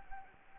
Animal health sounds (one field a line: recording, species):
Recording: mosquito wingbeat signal from an infrared sensor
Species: Anopheles gambiae